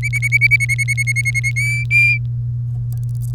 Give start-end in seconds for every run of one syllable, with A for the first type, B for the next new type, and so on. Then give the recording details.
0.03-1.52 A, 1.56-2.18 B. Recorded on 3 May 2018 at 07:00. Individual llb3